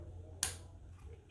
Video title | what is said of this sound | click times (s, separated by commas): How to set and replace Andis Slimline Pro Blade | all right uh you heard the click | 0.4 s